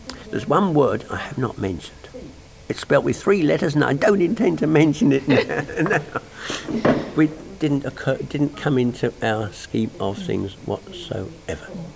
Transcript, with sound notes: There's one word I have not mentioned. It's spelled with three letters and I don't intend to mention it. [laughs] It didn't occur, it didn't come into our scheme of things whatsoever.